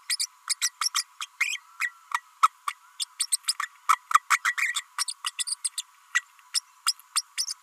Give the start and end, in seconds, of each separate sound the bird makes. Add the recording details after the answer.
0.09-0.16, 0.19-0.26, 0.49-0.54, 0.61-0.71, 0.81-0.90, 0.94-1.04, 1.20-1.26, 1.40-1.60, 1.79-1.91, 2.14-2.21, 2.42-2.49, 2.66-2.74, 2.99-3.04, 3.19-3.27, 3.32-3.37, 3.47-3.53, 3.62-3.69, 3.88-3.98, 4.13-4.19, 4.30-4.39, 4.44-4.55, 4.57-4.73, 4.98-5.04, 5.08-5.13, 5.26-5.31, 5.38-5.44, 5.47-5.55, 5.64-5.69, 5.78-5.82, 6.14-6.22, 6.54-6.61, 6.86-6.93, 7.15-7.22, 7.37-7.45. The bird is a female. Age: 32 days. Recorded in a nest box in Venezuela. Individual 17B32A5